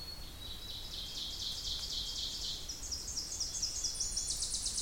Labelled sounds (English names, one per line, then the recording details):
Ovenbird song
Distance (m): 55 m
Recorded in boreal forest in Alberta, Canada, on 26 May 2016 at 07:51
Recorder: SongMeter 3, array SBT-3-15
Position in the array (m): 53 m, 223 m
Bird 20